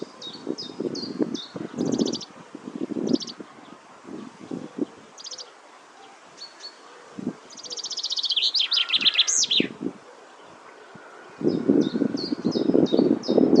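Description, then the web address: Common chaffinch delivering one descending trilled song ending in a flourish, preceded and followed by scattered short high chips, with bursts of low rustling noise. "Deverinetal 2025"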